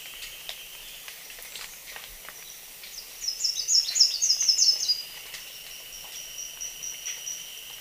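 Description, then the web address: Slate-throated whitestart delivering a short, rapid series of high chipping notes against a loud continuous insect drone and scattered clicks. Recorded in Ecuador. "Natures Songs S America Birds of Ecuador Slate-throated Whitestart"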